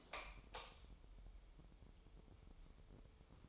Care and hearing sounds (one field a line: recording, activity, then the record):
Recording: daily activity, microphone in the room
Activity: light on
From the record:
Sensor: 1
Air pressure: 988.4 hPa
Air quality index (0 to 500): 199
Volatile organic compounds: 1000 ppm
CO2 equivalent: 5322 ppm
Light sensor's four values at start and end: 9/22/9/10 and 12/38/14/16